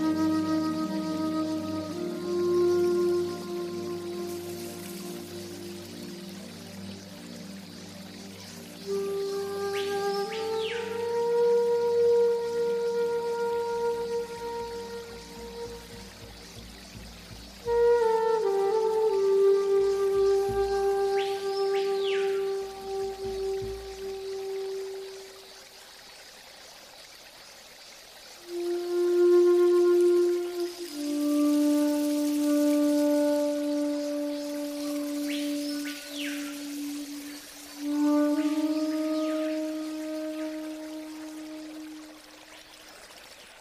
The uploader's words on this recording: New age native american flute music and forest water sounds and new age zen music for sleeping and relaxing.